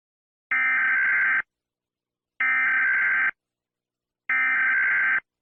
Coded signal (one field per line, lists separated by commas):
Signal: Emergency Alert System (SAME) tones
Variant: header bursts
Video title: Eas Sanrio-melon playground- Mark Cliff